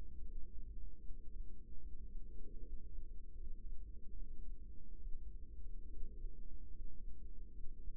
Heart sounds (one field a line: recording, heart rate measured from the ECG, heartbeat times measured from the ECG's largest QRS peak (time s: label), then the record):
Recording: heart sounds by microphone in the right ear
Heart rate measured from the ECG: 74 bpm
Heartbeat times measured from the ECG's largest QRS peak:
0.20 s: heartbeat
0.98 s: heartbeat
1.77 s: heartbeat
2.58 s: heartbeat
3.32 s: heartbeat
4.12 s: heartbeat
4.97 s: heartbeat
5.85 s: heartbeat
6.67 s: heartbeat
7.49 s: heartbeat
From the record:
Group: healthy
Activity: rest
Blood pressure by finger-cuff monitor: 113/64 mmHg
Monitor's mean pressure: 82 mmHg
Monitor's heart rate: 74 bpm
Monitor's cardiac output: 7.3 L/min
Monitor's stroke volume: 98 mL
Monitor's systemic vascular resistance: 810 dyn s/cm5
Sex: female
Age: 23 years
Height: 160 cm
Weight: 50.4 kg